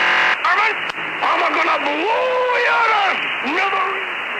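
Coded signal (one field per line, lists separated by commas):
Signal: unidentified radio signal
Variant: Yosemite Sam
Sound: short hissy data burst, then a gruff cartoon-like voice over radio hiss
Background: radio static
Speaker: Each broadcast starts with a data burst lasting 0.8 seconds followed by the voice of Yusede Sam saying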